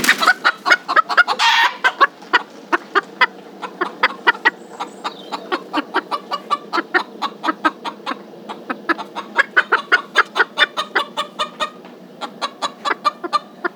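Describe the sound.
Chickens clucking in a long, fast series of short notes, with a harsh squawk near the start and steady clucking thereafter.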